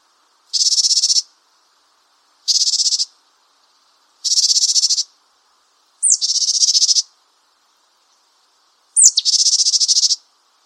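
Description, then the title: Japanese tit giving harsh buzzy calls, each burst about a second long or less, repeated every two to three seconds, some preceded by a thin high slurred note; otherwise quiet. "suara burung gelatik batu jepang"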